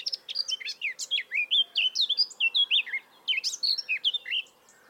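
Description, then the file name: Eurasian blackcap delivering a lively warble of sweet whistled notes and rapid twitters. "Sylvia atricapilla"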